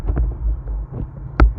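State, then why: Seated. An AC recharge hose quick-coupler is shoved onto a car's low-pressure AC service port, which works like a bicycle valve stem, over a low steady hum with a few soft knocks. A sharp, strong click lands at 1.4 s as the coupler seats on the port.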